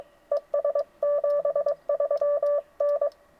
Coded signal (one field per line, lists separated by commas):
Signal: Morse code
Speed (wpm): 23 wpm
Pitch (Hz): 560 Hz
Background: none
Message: ES 73 N